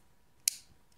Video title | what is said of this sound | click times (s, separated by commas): EFI Ural Diagnostic Port Adapter Cable To Read ECU's | you have all six of them in you can lock it down like | 0.5 s